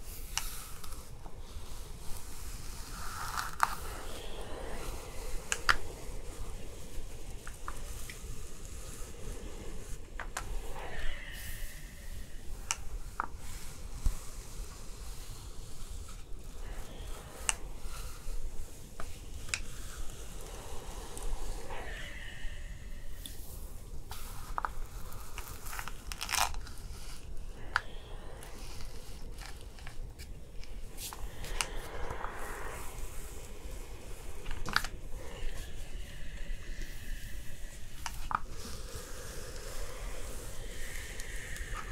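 Hair styling with brushing and curling: soft, steady rustling and hissing fills the whole stretch, with a low rumble underneath. Sharp clicks and brief brushing sweeps recur every few seconds, and short bursts of brighter hiss, like puffs of steam, surface now and then.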